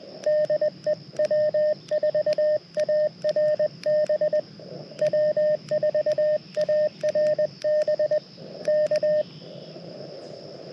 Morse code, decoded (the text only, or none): DE W4ARB W4ARB K